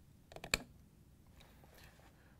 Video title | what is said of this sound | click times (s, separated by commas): How To Replace: Frigidaire/Electrolux Water Actuator 5304493021 | you have that snapped in then we can lift the assembly back up into the housing and | 0.5 s